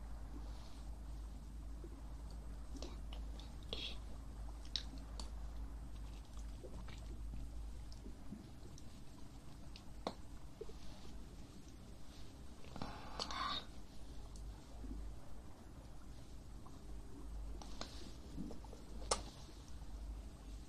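An ear massage trigger sounds as a steady low rubbing hum with soft textured friction throughout. Brief crisp taps and scratchy brushes cut in every few seconds, with a longer rustling sweep around thirteen seconds and a sharp click near nineteen.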